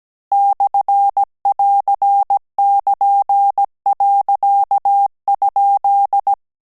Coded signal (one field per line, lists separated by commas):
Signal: Morse code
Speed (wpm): 17 wpm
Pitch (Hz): 800 Hz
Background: none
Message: /<AR><KN>.?